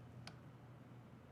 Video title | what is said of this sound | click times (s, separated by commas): MiHow2 - TB Wood's - Sure-Flex Plus Couplings | I think we heard a little click there yeah all right we are good to go | 0.3 s